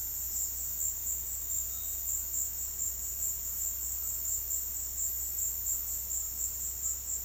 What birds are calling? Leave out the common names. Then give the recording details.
none. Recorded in dense forest near Puerto Asís, Putumayo, Colombia, on 20 February 2024 at 14:30. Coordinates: 0.485, -76.322. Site G6406